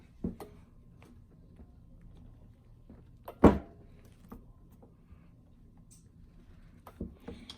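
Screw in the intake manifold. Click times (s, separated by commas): 3.5 s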